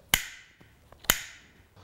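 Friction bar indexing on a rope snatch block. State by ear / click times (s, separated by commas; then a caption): seated / 0.1 s, 1.1 s. The friction bar on a rope snatch block, with the rope wrapped around it, indexes into the one-wrap position. Two loud, sharp clicks ring out at 0.1 s and 1.1 s, and fainter ticks come between them. Two clicks mean one wrap, so the bar is seated in the one-wrap setting.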